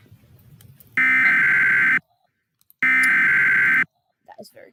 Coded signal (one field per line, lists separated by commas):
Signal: Emergency Alert System (SAME) tones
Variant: header bursts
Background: speech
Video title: EAS 101 Live Stream - How to make an EAS Mock